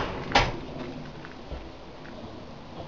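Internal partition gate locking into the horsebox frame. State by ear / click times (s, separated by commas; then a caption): seated / 0.4 s. An internal partition gate is put back into a horsebox while it is closed up, and it locks into the frame with a loud hit at 0.4 s. Fainter ticks follow at about 1.3 s under low background noise, and the gate is seated.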